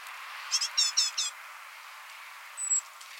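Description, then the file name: Great tit call: one brief burst of four rapid chattering notes, followed by a single thin high whistle, over steady hiss. "Parus major"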